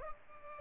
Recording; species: mosquito wingbeat signal from an infrared sensor; Culex pipiens